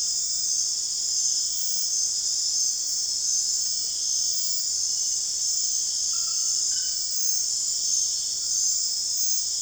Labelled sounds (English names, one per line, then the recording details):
none
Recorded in dense forest near Puerto Asís, Putumayo, Colombia, on 25 June 2025 at 22:00
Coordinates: 0.468, -76.322
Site GP03